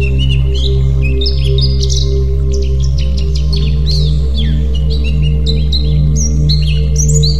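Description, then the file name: White-eye singing a fast jumble of thin, high chirps and short rising and falling notes, with a constant low hum underneath. White-eye 'terapi' (therapy) song. "terapi pleci"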